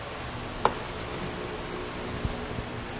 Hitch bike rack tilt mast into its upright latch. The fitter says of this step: To put it back in its original position, just push up until you hear the click.